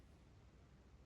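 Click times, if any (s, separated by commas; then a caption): none. The driver side headlight wiring connector on a Ford Bantam Rocam is brought up to the headlight bulb socket and lined up before being pushed in. Only a steady low hiss and rumble is heard, with no distinct hits. Nothing has clicked or seated yet.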